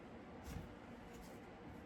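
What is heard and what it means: The foot brake lock on the rear wheel of a VOCIC Z35 PackGo rollator is being handled with the foot, which gives a brief low thump around 0.5 s over steady low background noise. Nothing has seated or clicked into the locked position yet.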